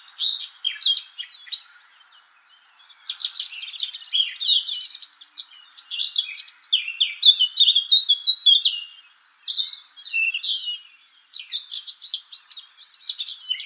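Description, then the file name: Eurasian blackcap song: a fast, varied warble of scratchy notes and clear whistled phrases, in bursts separated by short pauses near three and eleven seconds. "Sylvia atricapilla"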